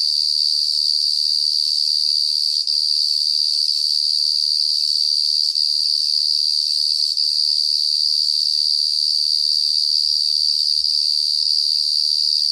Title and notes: Hippos and an obnoxiously loud cicada call at dusk in the savanna.